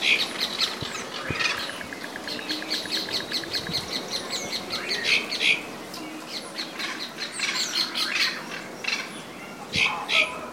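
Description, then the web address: Bird song of bright high chirps and sharp notes, with a quick even series of ticks early on and loud chirps again at the end. "os passaros"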